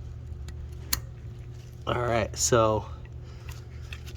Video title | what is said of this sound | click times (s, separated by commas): 2021 Ford F250 4x4 front wheel bearing hub easy way | right now it's not fully seated in, so you're gonna get your flathead. | 0.9 s